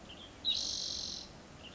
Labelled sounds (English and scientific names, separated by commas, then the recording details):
Western Tanager (Piranga ludoviciana)
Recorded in Sonoma County, California